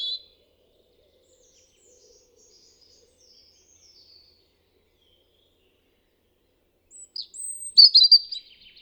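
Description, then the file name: European robin song, a tiny high note at the start, a long faint stretch, then a sudden phrase of shrill whistles and rapid jangling notes. "Erithacus rubecula"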